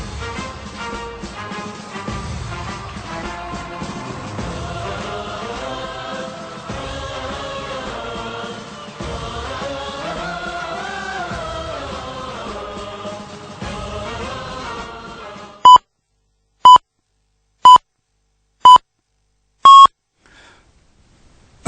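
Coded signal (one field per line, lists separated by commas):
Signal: radio time signal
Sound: music ends, then five short beeps around 1 kHz, one second apart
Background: music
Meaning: The pips count down to the exact time mark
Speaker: horário meite 30 hor local do Cairo 22:30 TC passamos a apresentar o seu boletim informativo da Rado Cairo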